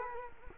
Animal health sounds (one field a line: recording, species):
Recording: mosquito wingbeat signal from an infrared sensor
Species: Culex quinquefasciatus